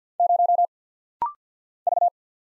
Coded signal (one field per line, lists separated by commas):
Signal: Morse code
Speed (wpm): 48 wpm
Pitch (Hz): 700 Hz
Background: none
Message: 0 V